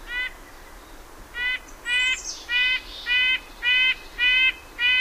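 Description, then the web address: Red-breasted nuthatch: one nasal, toy-trumpet note, a pause of over a second, then a steady run of several more, evenly spaced about two per second, with a brief high chirp from another bird. "Know Your Bird Sounds Common Western Species. Red-breasted Nuthatch"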